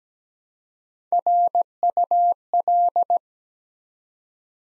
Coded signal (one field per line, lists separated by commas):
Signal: Morse code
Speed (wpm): 17 wpm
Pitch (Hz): 700 Hz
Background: none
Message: RUL